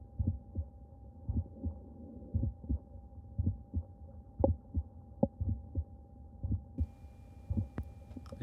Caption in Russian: Пациента, которому около 50 лет, с самым частым врожденным пороком сердца, двустворчатым аортальным клапаном. Во всех точках аускультации слышен аортальный тон изгнания. Аортальный тон изгнания наиболее громкий на верхушке сердца.